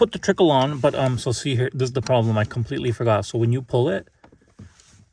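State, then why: Released. Someone talks for about four seconds, then pulls the manual release for the front trunk lid of a twin-turbo Audi R8 V10 with a flat battery. After a few faint handling noises, the front hood latch clicks open at 4.8 s and the lid is released.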